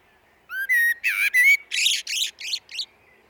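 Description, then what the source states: Common blackbird phrase: a rising whistle and fluty notes, then a run of harsh, rapid, high twittering bursts. Recorded in a glen.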